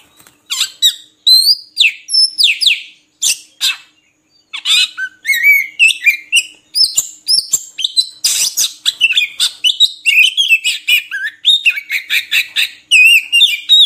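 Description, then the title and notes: Oriental magpie-robin song, loud and varied, with sharp chips, sweeping whistles and buzzy trills in quick succession, broken by a short pause midway; quiet background. Long-duration 'isian' (filler) magpie-robin song meant to train birds to sing actively ('gacor') by day and night. "Kacer Jadi Gacor Siang Malam. Isian Kacer Durasi Panjang"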